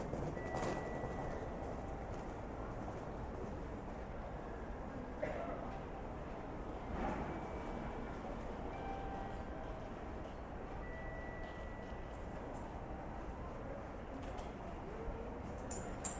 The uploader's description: sounds of trains coming and going, people talking, vending machines, and announcements